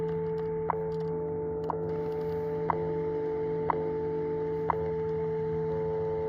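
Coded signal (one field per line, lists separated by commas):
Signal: radio time signal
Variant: WWV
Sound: sharp tick once per second, six ticks, over steady hum tones and static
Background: radio static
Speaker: I guess while we're at it, let's check the time signals. 2.5 megahertz WWV.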